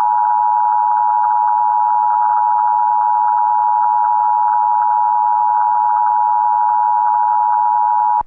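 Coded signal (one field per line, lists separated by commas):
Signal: Emergency Alert System (SAME) tones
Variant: 853 and 960 Hz attention tone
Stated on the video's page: Emergency alert system test, screen recorded.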